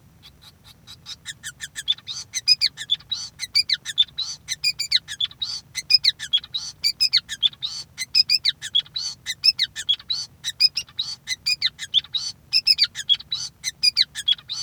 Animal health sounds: song of a male Bengalese finch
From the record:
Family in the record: son of father 5

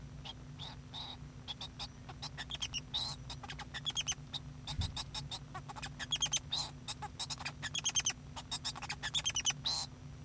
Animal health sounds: song of a male Bengalese finch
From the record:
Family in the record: son of father 2

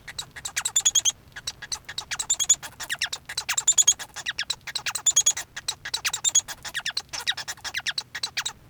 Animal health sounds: song of a male Bengalese finch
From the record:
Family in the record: son of father 1

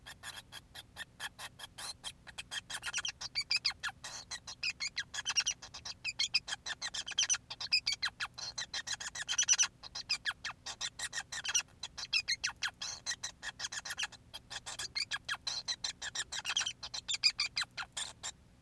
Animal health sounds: song of a male Bengalese finch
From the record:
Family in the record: son of father 5

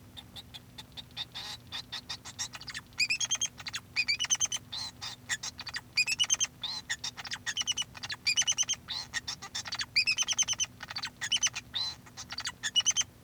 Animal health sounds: song of a male Bengalese finch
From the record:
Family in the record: son of father 2

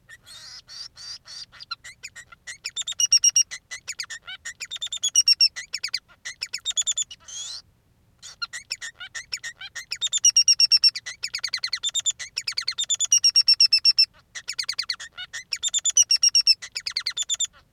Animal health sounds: song of a male Bengalese finch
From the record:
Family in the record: son of father 3

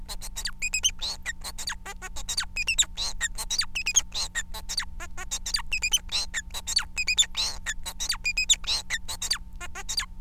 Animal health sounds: song of a male Bengalese finch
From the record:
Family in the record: son of father 4

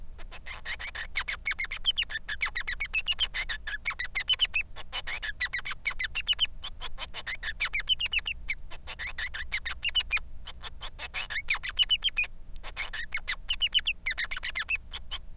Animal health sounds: song of a male Bengalese finch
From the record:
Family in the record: son of father 3

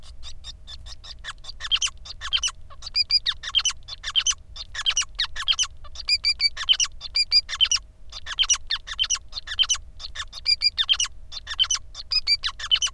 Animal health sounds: song of a male Bengalese finch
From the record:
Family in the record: son of father 5

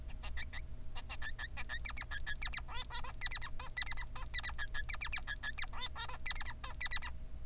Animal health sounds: song of a male Bengalese finch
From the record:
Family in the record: son of father 3

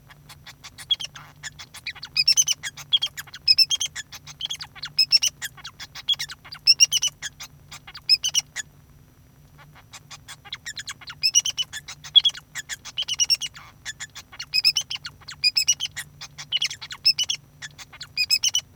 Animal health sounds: song of a male Bengalese finch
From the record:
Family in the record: son of father 2

